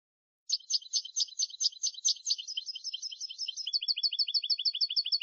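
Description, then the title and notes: European goldfinch song: a fast stream of twittering, slightly scratchy notes that turns into an even, rapid series of clipped chirps; clean background. Clean goldfinch song from a CD, for copying in song training of birds. "Cd Jilguero. Cd de canto de jilguero limpio para copia"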